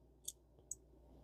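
During reassembly of a vintage ABU Garcia Cardinal DM2 spinning reel, a difficult internal metal part is fitted into the reel body. A sharp, bright click comes at 0.3 s, then a louder small metallic click at 0.7 s as the part drops into place. The part is seated.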